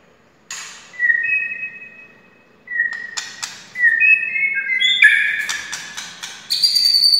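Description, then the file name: White-rumped shama song beginning with single steady whistles, then building into quicker, richer jumbled phrases with clicks and high notes. Wild white-rumped shama (murai hutan). "suara murai hutan asli"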